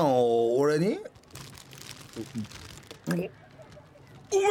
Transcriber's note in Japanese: パン食べる モグモグ